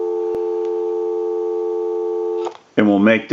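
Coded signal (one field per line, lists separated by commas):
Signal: telephone call progress tone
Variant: North America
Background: speech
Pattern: dial tone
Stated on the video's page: Tone heard on a Western Electric 2500 desk telephone during its initial checkout and repair.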